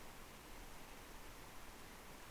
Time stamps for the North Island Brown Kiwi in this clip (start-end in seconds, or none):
none